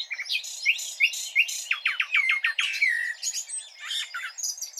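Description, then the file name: Common nightingale song: sharp upslurred notes repeated several times, then downslurred whistles and a harsh, varied chatter. "Luscinia megarhynchos"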